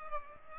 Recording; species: mosquito wingbeat signal from an infrared sensor; Culex pipiens